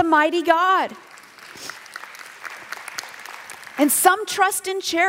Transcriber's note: applause